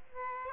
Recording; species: mosquito wingbeat signal from an infrared sensor; Aedes aegypti